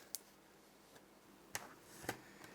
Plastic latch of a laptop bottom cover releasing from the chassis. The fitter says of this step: like this until you hear a click if you hear a click that means that